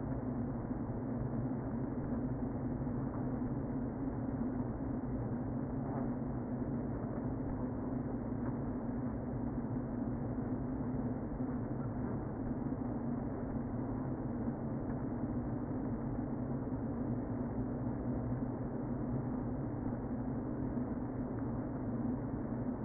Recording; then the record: honeybee colony, microphone inside the hive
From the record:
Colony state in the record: queen present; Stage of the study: before two queens were removed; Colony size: about 60,000 bees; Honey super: yes